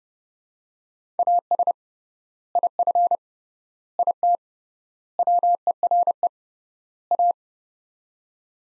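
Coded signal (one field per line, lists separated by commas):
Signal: Morse code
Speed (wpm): 30 wpm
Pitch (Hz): 700 Hz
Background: none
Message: AS IF IT WERE A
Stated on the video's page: Morse practice of five-word sets at 30 wpm with 3x word spacing, a Farnsworth-like method for head-copying phrases.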